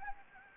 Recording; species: mosquito wingbeat signal from an infrared sensor; Anopheles gambiae